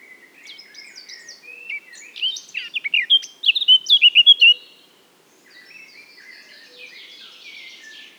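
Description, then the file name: Eurasian blackcap delivering a loud burst of rich whistled notes, followed by a softer, rambling warble. "Sylvia atricapilla"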